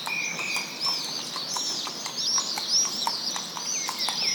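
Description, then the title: Horse hooves clop in a quick run of sharp knocks under chattering bird calls. A horse passes by. "dobroide - pasa un caballo"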